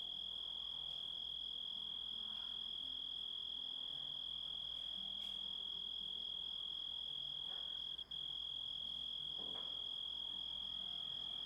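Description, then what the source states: Grasshopper call: a steady, unbroken high-pitched trill that holds one pitch throughout, with a short break near eight seconds and a faint low background hum. Composite of several sounds.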